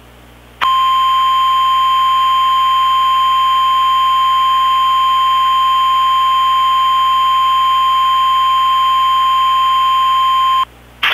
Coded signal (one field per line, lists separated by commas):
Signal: Emergency Alert System (SAME) tones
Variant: 1050 Hz attention tone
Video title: PSR Flash Flood Emergency or Miami, AZ (EAS MOCK)